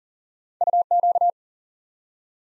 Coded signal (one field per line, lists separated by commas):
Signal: Morse code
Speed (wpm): 40 wpm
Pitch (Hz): 700 Hz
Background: none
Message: UQ